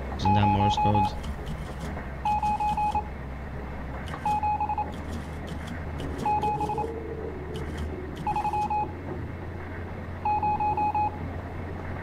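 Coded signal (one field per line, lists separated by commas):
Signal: Morse code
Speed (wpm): 28 wpm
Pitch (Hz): 840 Hz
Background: none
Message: 097730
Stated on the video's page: Morse from the game Stories Untold, chapter three, The Station Process.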